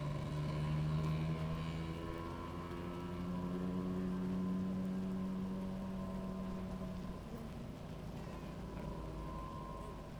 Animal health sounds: honeybee colony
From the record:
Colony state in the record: active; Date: 28 July 2017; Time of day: 17:09

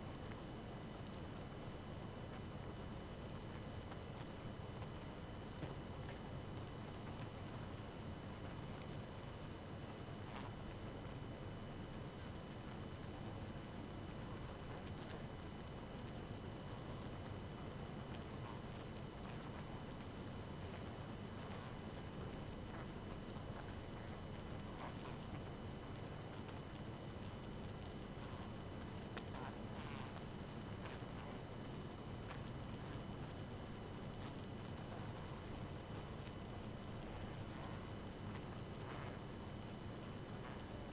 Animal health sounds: honeybee colony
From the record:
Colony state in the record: active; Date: 12 June 2018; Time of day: 2:09

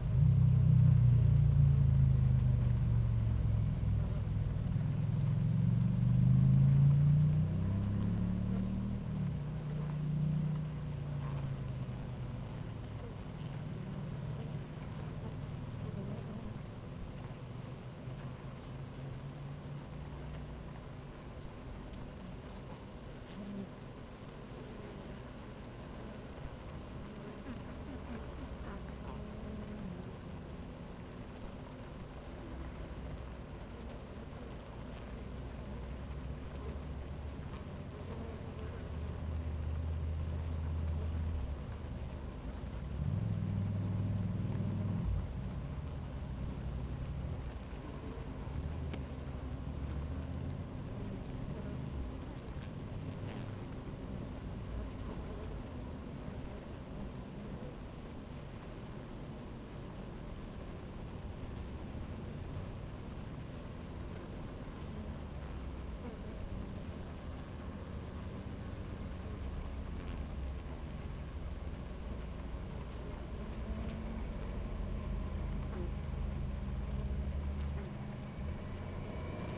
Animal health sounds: honeybee colony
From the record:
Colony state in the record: active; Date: 28 July 2017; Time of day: 11:54

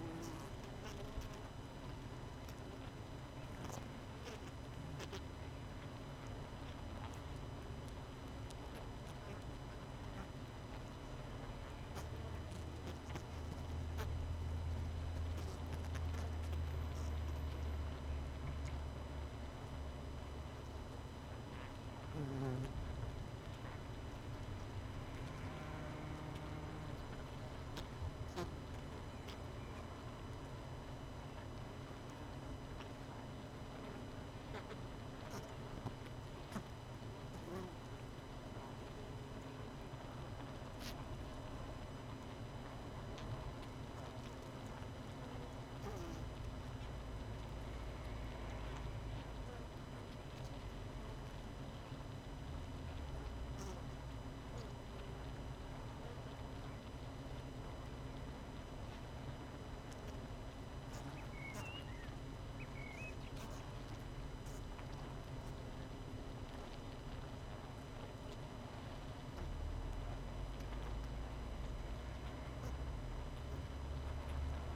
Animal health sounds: honeybee colony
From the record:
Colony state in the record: missing queen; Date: 31 May 2018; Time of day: 18:41

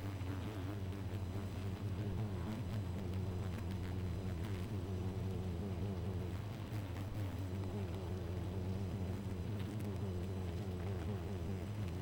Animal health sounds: honeybee colony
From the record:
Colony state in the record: missing queen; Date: 14 July 2017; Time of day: 2:48

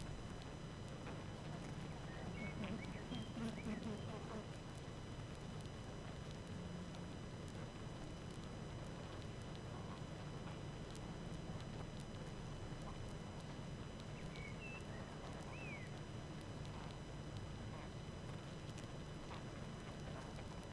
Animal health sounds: honeybee colony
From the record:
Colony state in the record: active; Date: 12 June 2018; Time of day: 18:52

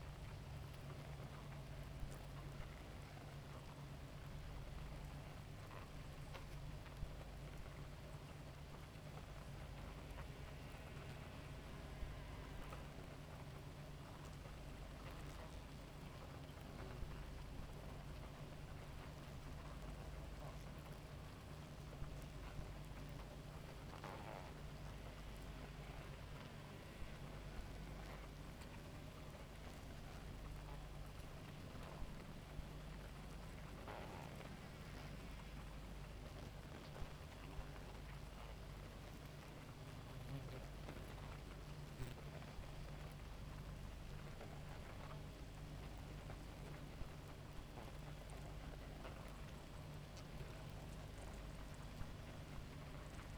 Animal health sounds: honeybee colony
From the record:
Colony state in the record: active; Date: 28 July 2017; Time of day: 2:54

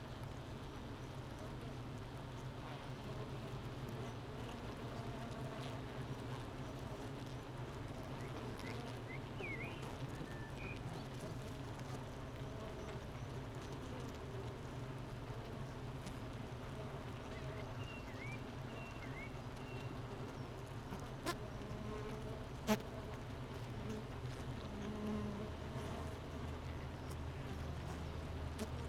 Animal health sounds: honeybee colony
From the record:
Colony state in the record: missing queen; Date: 31 May 2018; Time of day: 9:00

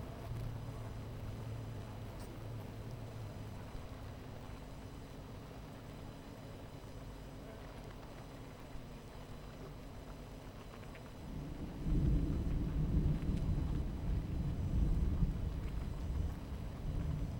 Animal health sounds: honeybee colony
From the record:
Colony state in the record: missing queen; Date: 14 July 2017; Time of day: 11:15

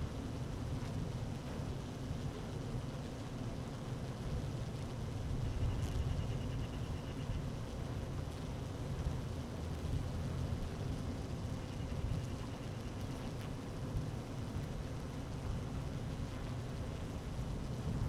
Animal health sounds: honeybee colony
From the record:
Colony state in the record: active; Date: 12 June 2018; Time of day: 12:20

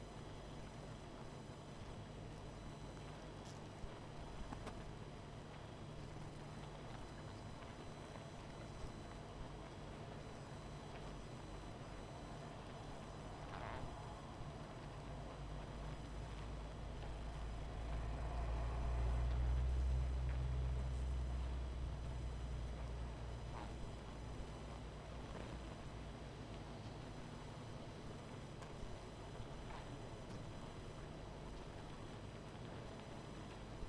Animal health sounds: honeybee colony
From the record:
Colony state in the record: missing queen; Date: 14 July 2017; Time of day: 20:27

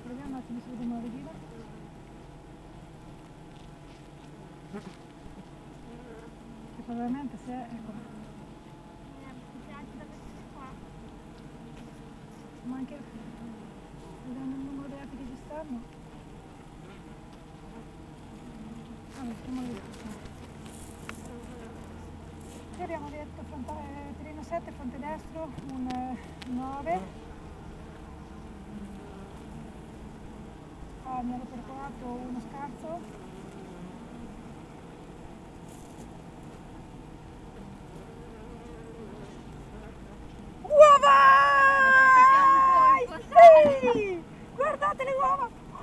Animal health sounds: honeybee colony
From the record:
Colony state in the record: active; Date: 28 July 2017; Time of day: 8:07

